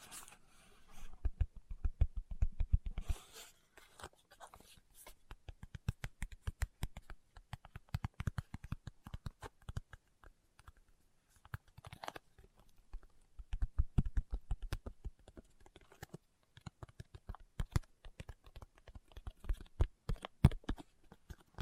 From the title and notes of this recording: ASMR Tapping with Fingertips (No Talking).